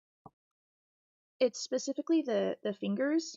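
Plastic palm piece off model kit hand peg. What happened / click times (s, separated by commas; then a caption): The small plastic piece popped off its peg / 0.3 s. A plastic palm piece is pulled off its peg on a hand from an MG Gundam Double X model kit, to show how the palms pop off, even though it resists coming off easily. A short, sharp snap at 0.3 s marks the palm releasing, followed by silence and then someone talking.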